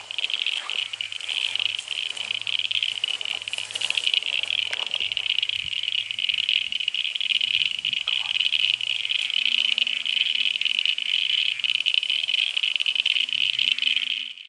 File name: crinia signifera